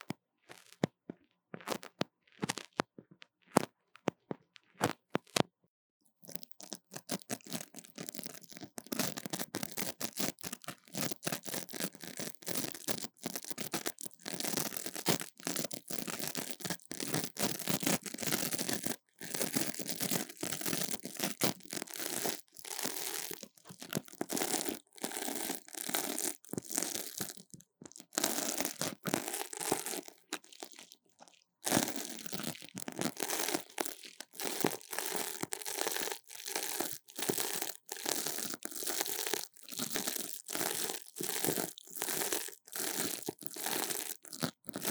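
Tapping and scratching on a mini mic, starting with sparse separate taps for about six seconds. Then a dense, steady run of quick scratchy, crinkly rubbing fills the rest, bright and crackling, with a brief pause near 31 seconds before it resumes.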